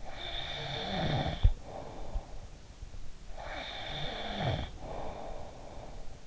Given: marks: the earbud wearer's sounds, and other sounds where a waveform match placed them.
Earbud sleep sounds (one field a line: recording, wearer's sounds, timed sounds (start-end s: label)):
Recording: sounds in sleep by an in-ear microphone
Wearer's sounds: snoring breath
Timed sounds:
0.11-2.64 s: snoring breath
3.00-6.26 s: snoring breath